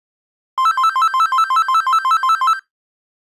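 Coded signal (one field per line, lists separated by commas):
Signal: none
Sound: cordless phone ringtone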